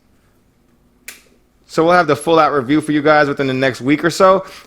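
The earcup fold hinge on the steel flex headband of a pair of V-MODA Crossfade Wireless II Codex Edition headphones is folded and gives a single sharp click at 1.1 s as it locks into place. Someone then talks from about 1.8 s to the end.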